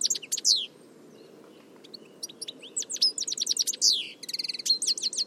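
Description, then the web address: Bird calls in lively bursts: loud sharp chirps, a quiet gap, then a busy run of quick notes and a short repeated series; low background rumble. "Deverinetal"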